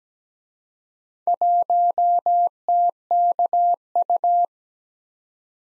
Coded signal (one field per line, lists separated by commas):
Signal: Morse code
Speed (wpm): 20 wpm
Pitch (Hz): 700 Hz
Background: none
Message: 1TKU